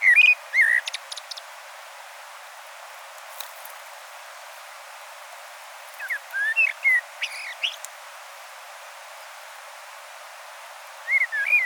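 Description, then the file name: Common blackbird sings brief fluty phrases with squeaky high twitters, one at the start, another midway, and a short fluty fragment at the end, over steady background hiss. "Turdus merula"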